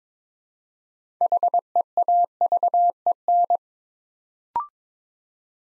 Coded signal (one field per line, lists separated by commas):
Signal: Morse code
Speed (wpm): 23 wpm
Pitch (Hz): 700 Hz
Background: none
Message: HEAVEN